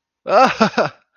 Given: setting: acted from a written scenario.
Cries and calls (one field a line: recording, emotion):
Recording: vocal sound without words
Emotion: positive surprise